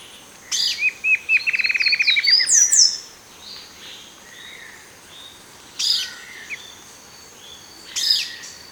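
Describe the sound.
Bird trill, a rapid run of evenly spaced notes near the start, then thin high slurred notes, followed by two isolated sharp chirps later on.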